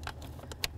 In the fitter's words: listen for a click give it a nice tug we also have our emissions port here